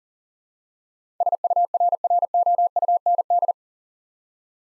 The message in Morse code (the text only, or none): SURROUND